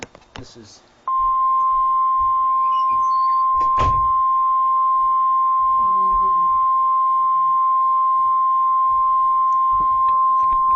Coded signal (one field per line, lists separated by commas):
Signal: Emergency Alert System (SAME) tones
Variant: 1050 Hz attention tone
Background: speech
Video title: EAS 16 - SVR White AR